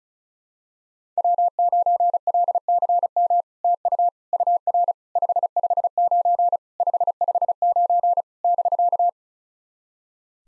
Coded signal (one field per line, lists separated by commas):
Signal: Morse code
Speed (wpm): 36 wpm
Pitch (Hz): 700 Hz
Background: none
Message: W9LCM TU UR 559 559 <BK>